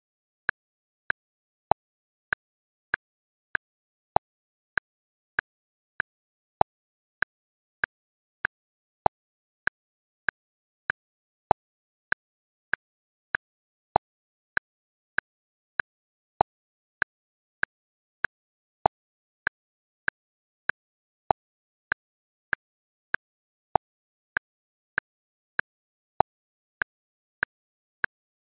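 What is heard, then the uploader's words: A metronome ticks steadily at a moderate tempo, each click short, sharp and bright against complete silence. The beats fall at perfectly even intervals, roughly every two-thirds of a second, with an occasional slightly louder tick. Nothing else is heard between them. 3-Hour Metronome at 96 BPM • 4/4.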